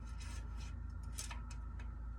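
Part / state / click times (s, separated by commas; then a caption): engine oil dipstick into dipstick tube of a pickup truck V8 engine / seated / 1.2 s. An engine oil dipstick is pushed back all the way into its tube on the V8 engine of a 2020 GMC Sierra 1500 Elevation 4WD pickup after the oil level is checked. Over a steady low hum, a sharp click at 1.2 s is followed by a few fainter taps. The dipstick is seated correctly.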